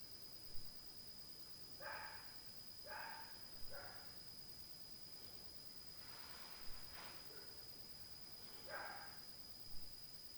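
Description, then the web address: Dog barking: several barks with gaps between them, over a steady high whine and occasional clicks. Dog recorded at night in 2022. "zone 51 2022 Night Noise 07-05 DOG"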